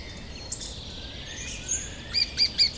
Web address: agykontroll Madardalok Cd 1. Kis fakopáncs